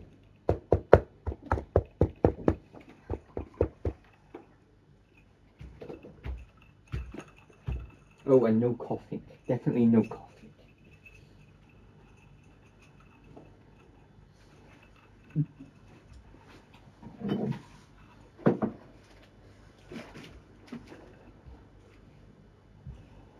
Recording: background sound without coughing